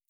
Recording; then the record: hydrophone in a shrimp aquaculture tank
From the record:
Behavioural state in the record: stressed